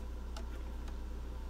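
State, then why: Not seated. A thin metal cutting die is wiggled over the raised guides of a plastic Changing Leaves hybrid embossing folder, producing a few faint, light ticks against a steady low hum. The die has not dropped or locked into place yet; nothing has seated or clicked.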